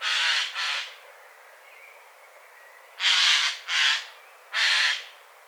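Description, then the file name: Eurasian jay giving harsh, rasping screeches, a pair at the start and then three more after a pause, over a steady hiss of background noise. "Garrulus glandarius"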